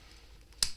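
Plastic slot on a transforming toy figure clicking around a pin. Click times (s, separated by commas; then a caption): 0.6 s. During a transformation of a Masterpiece MP-45 Bumblebee 2.0 transforming toy figure, a plastic slot, which narrows so it is designed to click around a small pin, is pushed over that pin. After a quiet stretch, a single sharp click sounds at 0.6 s as the slot snaps into place and seats on the pin.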